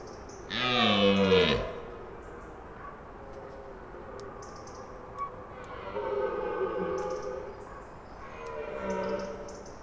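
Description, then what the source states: Red deer stag roaring: one loud, deep, harsh bellow lasting about a second, then two fainter drawn-out roars, with light bird chirps behind. Stag bellowing in unfenced gardens around a gîte, Serres-sur-Arget, Ariège, 28 September 2020, early morning about twenty metres from a window; stream, other stags and waking garden ambience behind; rainy week; Nagra LB, cardioid MKH40.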